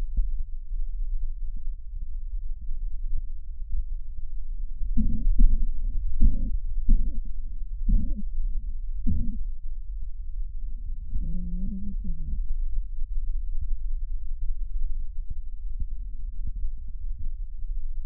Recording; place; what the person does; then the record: lung sounds by stethoscope; left posterior basal chest; quiet breathing, then cough and speech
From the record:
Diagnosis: asthma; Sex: female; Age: 77 years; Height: 160 cm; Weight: 68.7 kg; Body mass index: 26.6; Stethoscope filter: bell mode